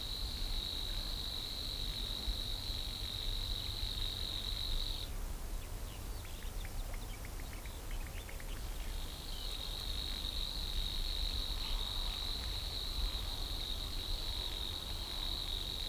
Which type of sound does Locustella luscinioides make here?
song